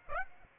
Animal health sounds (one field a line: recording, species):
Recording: mosquito wingbeat signal from an infrared sensor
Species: Aedes aegypti